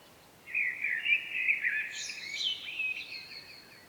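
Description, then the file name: Common blackbird song phrase: rich fluty warbling notes followed by a strained, high twittering tail, with faint background hiss. "Turdus merula"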